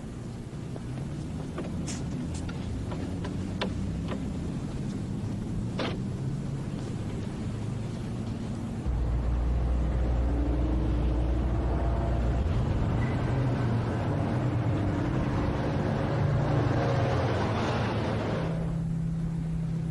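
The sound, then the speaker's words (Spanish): A car engine idles with a steady low rumble and a few sharp clicks, then grows louder and deeper around the middle as the car pulls away and drives on steadily. “Suba al auto, señor Kane.”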